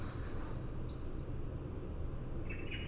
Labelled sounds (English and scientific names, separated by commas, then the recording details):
Common Blackbird (Turdus merula)
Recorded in Germany
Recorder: ecoPi